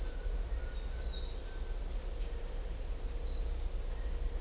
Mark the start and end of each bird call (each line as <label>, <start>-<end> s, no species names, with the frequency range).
bird call (1.3-1.9 kHz), 0.56-1.73 s